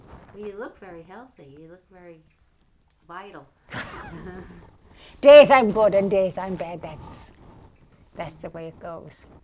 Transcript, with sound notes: Well, you look very healthy. You look very vital.
[laughs] [chuckles] Days are good and days are bad. That's the way it goes.